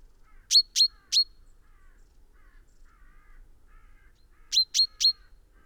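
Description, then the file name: Common chaffinch calling: a quick burst of three sharp metallic notes, a pause of about three seconds, then another matching triplet. "Fringilla coelebs"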